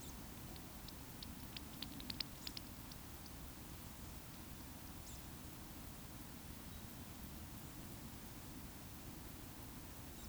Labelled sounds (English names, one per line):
Eurasian Woodcock whistle